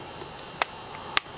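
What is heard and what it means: The plastic salt-loading hatch on the reservoir of a Bug-A-Salt 2.0 Lawn & Garden salt fly gun is pressed closed after the reservoir has been filled level with regular salt. Two sharp, short plastic clicks are heard at about 0.6 s and 1.2 s, with quiet background in between. The hatch snaps shut and is seated in place.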